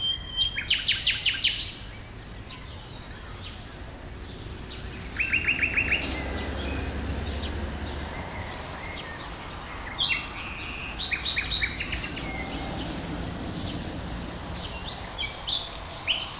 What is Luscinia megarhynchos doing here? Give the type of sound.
song